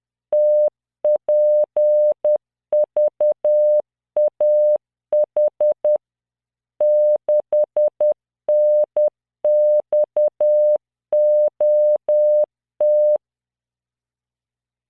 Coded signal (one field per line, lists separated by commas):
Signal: Morse code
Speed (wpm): 10 wpm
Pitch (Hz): 600 Hz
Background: none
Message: TPVAH 6NXOT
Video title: tamanのモールス練習動画83（モールス信号 速度10WPM morse code)